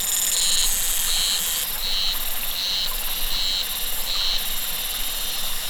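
Cicadas singing: shrill pulsed buzzing in regular blocks, repeated steadily over a constant high hiss.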